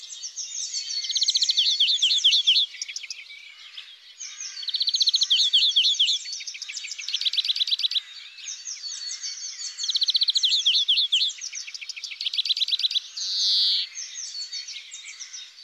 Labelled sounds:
European Greenfinch (Chloris chloris) song
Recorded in the wild
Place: Freiburg im Breisgau / Lehen, Baden-Württemberg, DE
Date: 2002-04-20
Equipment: MiniDisc Sharp MT 20 H
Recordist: Schwarz, Dieter
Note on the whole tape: Song

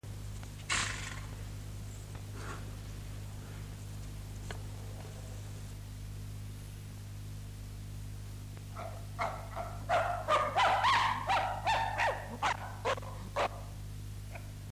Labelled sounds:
Chimpanzee (Pan troglodytes)
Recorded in captivity
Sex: female
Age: adult
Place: Tierpark Berlin, Berlin, DE
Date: 1958-03-20
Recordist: unbekannt, keine Angabe
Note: "Susi" (ca. 10 Jahre alt): Erregungslaut (der Wärter betritt mit dem Mikrofon den Käfig)

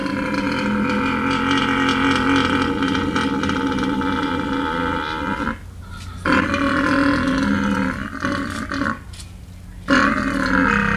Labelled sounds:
Père David's Deer (Elaphurus davidianus)
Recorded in captivity
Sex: male
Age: adult
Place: Zoo Halle, Sachsen-Anhalt, DE
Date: 1978-07-12 13:45
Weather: sunny, 26°C
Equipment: Uher CR 210, Sennheiser MD 421, Kopie Uher 4200
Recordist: Tembrock, Günter
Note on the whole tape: Brunftrufe, Zahngeräusche, zuerst liegend. Abstand: 8-12 m

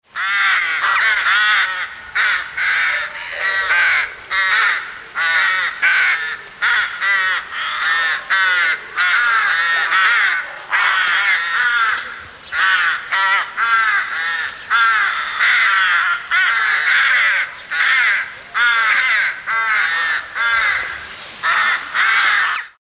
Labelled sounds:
Rook (Corvus frugilegus)
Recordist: Tembrock, Günter
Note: Rufe einer Brutkolonie

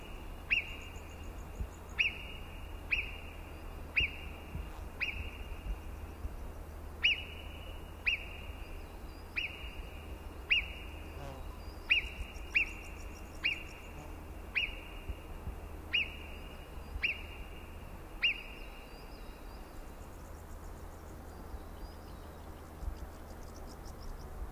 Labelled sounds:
Alpine Marmot (Marmota marmota) alarm call
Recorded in the wild
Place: Brand, Alpen, Vorarlberg, AT
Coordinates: 47.0958, 9.71139
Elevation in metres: 1420
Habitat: alp
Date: 2010-07-20
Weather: fair, 20°C, weak winds
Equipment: Sound Devices 702, Sennheiser MKH 70, Rycote Windschutz
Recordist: Frommolt, Karl-Heinz

